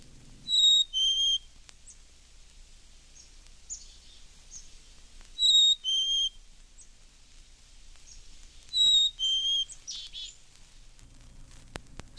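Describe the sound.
Black-capped Chickadee whistled song, a pure high note dropping to a lower one, given three times.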